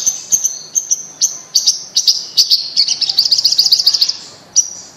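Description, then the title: Bird song of sharp high chirps spaced irregularly, building into a fast trill of repeated notes before a final lone chirp. "Kicau Burung Yoi"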